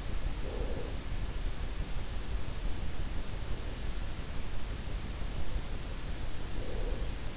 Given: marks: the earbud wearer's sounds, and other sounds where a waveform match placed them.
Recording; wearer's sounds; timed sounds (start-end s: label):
sounds in sleep by an in-ear microphone; breath
0.06-1.40 s: breath
6.23-7.36 s: breath